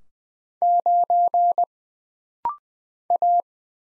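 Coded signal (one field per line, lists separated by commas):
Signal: Morse code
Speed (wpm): 20 wpm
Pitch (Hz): 700 Hz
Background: none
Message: 9 A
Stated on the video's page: Rapid-fire 20wpm Morse drill of single letters and numbers, each character sent twice, for instant character recognition.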